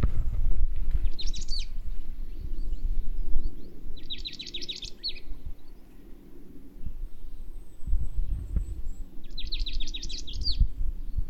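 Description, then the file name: Marsh tit giving quick bursts of high, rattling repeated notes three times, spaced several seconds apart, against low-pitched rumbling noise. "Poecile palustris"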